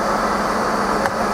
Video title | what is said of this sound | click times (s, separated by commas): CleanBREAK service - 70mm Hose Unit | force to put it on and it clicks on as you can hear | 1.1 s